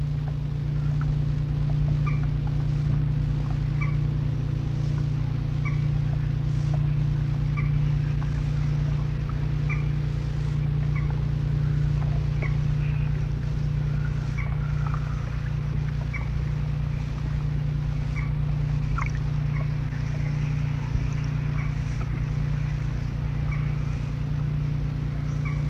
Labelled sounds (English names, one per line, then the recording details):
Common Moorhen call
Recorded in the wild
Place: Schelldorfer See, Altmark, Sachsen-Anhalt, DE
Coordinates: 52.47, 11.9542
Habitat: wetland
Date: 1965-07-04 22:00
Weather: keine Angabe
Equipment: Uher 4000 Report-S, Kopie BG 26/1
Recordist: Lippert, Wolfgang